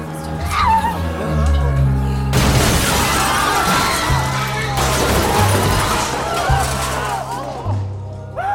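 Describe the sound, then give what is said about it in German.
A bomb explodes in the Metro: after a low droning hum, a sudden loud blast erupts into a long spray of shattering, clattering debris, with shrill screeching tones sliding up and down through the chaos. “Eine Bombe ist explodiert. In der Metro.”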